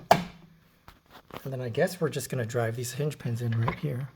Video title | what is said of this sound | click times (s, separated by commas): NEMA 14-50 In Use Cover Install: All Weather EV CHARGER OUTLET (Indoor Installation) | just fits on like that. And it clicks into clicks into place. | 0.1 s